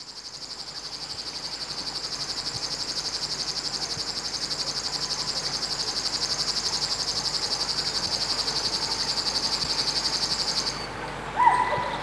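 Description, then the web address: River warbler song: a steady, rapid, buzzy, insect-like reel of pulses, high-pitched and unbroken for about eleven seconds, then stopping before a brief different sound at the end. Recorded in spring. "vremena vesna 19 rechnoi sverchok"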